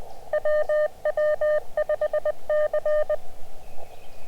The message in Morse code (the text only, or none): WW5C